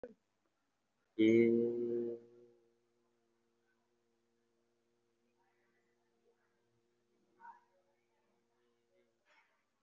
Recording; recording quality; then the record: sustained vowel as in made; excellent, no background noise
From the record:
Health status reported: recovered from COVID-19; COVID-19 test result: positive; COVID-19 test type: RT-PCR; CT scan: taken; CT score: 0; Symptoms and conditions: cough, asthma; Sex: male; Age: 18 years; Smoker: no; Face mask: worn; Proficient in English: yes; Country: India